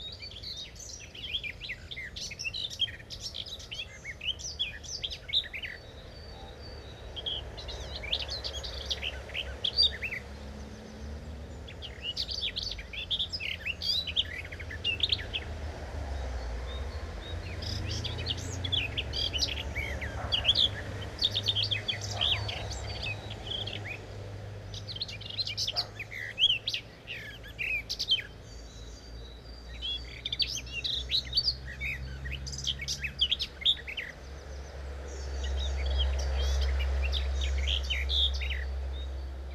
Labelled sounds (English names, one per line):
Common Whitethroat song